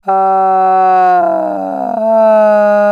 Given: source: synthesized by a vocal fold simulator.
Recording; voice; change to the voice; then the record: sustained vowel; female; asymmetry, level 31 of 51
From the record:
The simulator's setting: 4.00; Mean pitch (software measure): 183 Hz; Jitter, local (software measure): 0.69%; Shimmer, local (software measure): 2.5%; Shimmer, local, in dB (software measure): 0.37 dB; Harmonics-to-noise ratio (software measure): 25.6 dB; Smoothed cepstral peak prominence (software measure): 15.8 dB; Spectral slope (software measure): -23.6 dB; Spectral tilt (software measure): -12.6 dB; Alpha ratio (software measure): -14.1 dB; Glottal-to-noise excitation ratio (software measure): 0.926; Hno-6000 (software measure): 2.5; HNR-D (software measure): 33.0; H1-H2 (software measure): -1.5 dB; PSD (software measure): 1.8e-03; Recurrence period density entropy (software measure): 0.118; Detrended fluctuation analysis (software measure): 0.0234